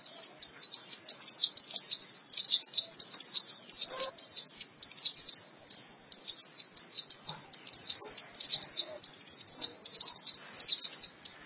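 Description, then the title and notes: White-eye song: sustained, very high twittering made of quick descending chirps, delivered in rapid rhythmic runs. "Kicauan Burung Pleci Durasi Panjang. Suara kicauan burung pleci"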